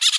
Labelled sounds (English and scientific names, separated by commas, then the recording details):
Brown-throated Parakeet (Eupsittula pertinax) contact call
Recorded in Bonaire
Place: just S of turnoff to Cai, near Lac Bay
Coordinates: 12.126, -68.239